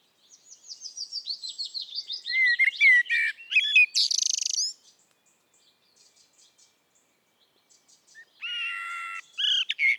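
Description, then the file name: Eurasian blackbird song, a run of rapid high chirps leading into fluty notes and a harsh squeaky flourish, then silence before another warbled phrase. "Turdus merula"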